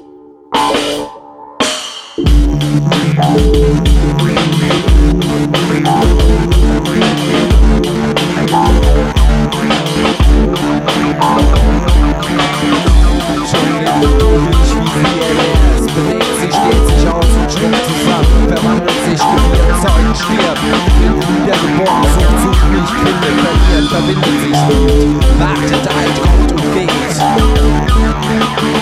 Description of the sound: Tinnitus Mask Experience.